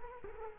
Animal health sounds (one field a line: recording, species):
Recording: mosquito wingbeat signal from an infrared sensor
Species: Culex quinquefasciatus